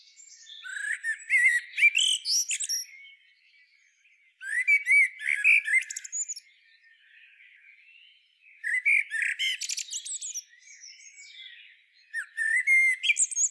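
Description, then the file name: Common blackbird delivering four song phrases roughly every four seconds, each mixing mellow whistled notes with a burst of thin, squeaky twittering. "Turdus merula"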